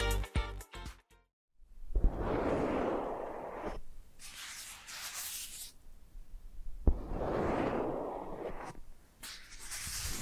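Face brushing: soft, scratchy swishes of bristles move across skin in slow passes, each lasting a second or two, the fullest around 2–3 and 8 seconds. Hissy strokes come between them, and a few quick taps and clicks open the clip before a short silence.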